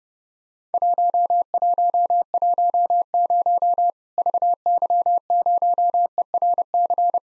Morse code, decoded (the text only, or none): 1110 VY0ERC